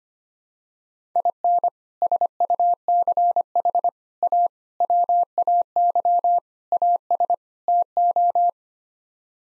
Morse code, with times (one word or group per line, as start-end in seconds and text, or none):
1.2-1.7 IN
2.0-3.9 SUCH
4.2-4.5 A
4.8-6.4 WAY
6.7-7.3 AS
7.7-8.5 TO